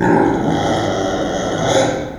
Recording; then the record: squeal of a Yucatan mini pig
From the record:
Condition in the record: before surgery on the right vocal fold (resection and tissue-engineered implant); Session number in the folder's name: 1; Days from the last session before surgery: -21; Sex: female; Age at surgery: 19 weeks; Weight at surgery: 25 kg